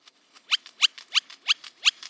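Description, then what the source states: Great-tailed Grackle calls: five sharp chips spaced about a third of a second apart, each bright and clipped, with faint softer notes between. Male's territory song includes crackling-bush sounds, rapid-fire ki-ki-ki, metallic rattles and a shrieking high whistle; calls so loud they are best heard at a distance.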